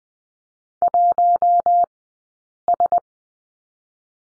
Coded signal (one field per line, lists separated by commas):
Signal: Morse code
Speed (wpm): 19 wpm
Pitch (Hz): 700 Hz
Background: none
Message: 1S